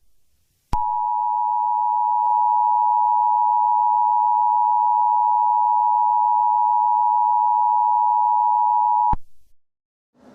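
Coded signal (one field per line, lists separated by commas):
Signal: Emergency Alert System (SAME) tones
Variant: 853 and 960 Hz attention tone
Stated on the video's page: Fictional EAS scenario.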